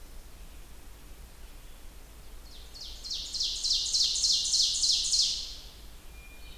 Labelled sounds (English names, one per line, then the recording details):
Ovenbird song
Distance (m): 25 m
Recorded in boreal forest in Alberta, Canada, on 29 June 2016 at 07:46
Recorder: SongMeter 3, array SBT-6-79
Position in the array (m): 271 m, 48 m
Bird 39